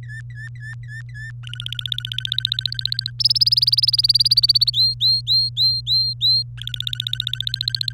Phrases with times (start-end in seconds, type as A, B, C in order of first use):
0.03-1.31 A, 1.44-3.11 B, 3.19-4.70 C, 4.73-6.42 D, 6.58-7.92 B